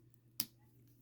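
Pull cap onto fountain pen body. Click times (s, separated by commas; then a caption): 0.4 s. The plastic pull cap of a small resin Pilot Prera fountain pen is pushed onto the pen body and snaps home as a friction fit. A single sharp, bright click sounds at 0.4 s above a low steady hum. The cap is seated with a nice clean click.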